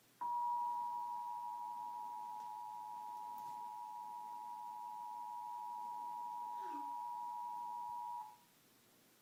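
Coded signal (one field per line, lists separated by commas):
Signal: Emergency Alert System (SAME) tones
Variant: 853 and 960 Hz attention tone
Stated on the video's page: EAS alert for the State of Oregon, received on five different channels.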